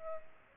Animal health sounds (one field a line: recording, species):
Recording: mosquito wingbeat signal from an infrared sensor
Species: Aedes aegypti